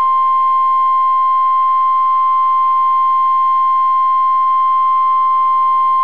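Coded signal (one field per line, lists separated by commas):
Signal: Emergency Alert System (SAME) tones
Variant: 1050 Hz attention tone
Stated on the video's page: Real tornado warnings and a required weekly test issued by the weather service during Kansas/Missouri statewide tornado drills, received on NOAA Weather Radio.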